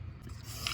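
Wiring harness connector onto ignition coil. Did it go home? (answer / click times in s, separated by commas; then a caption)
yes / 0.7 s. A wiring harness connector is pushed onto the ignition coil of a 2009–2015 Honda Pilot after the coil is bolted down with its 10 mm nut. A low rubbing, scraping mechanical sound leads into a single short, sharp click at 0.7 seconds as the connector clips in and seats.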